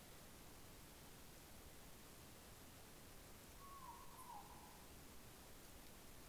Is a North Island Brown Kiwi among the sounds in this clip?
no